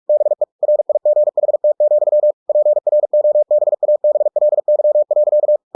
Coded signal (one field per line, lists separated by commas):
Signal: Morse code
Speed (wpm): 46 wpm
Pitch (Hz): 600 Hz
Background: none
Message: BE RIGHT, PROBABLY.